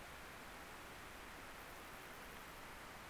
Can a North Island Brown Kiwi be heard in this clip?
no